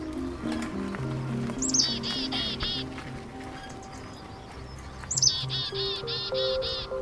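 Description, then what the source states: Black-capped Chickadee calling twice: a high opening note, then a run of buzzy, repeated dee notes each time, over low background music. Heard in the foothills of a reserve in Boise, Idaho.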